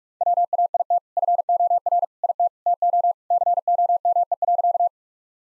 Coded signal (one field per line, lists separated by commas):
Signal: Morse code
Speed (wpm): 41 wpm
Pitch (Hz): 700 Hz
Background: none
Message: WAIT FOR IT TO COME.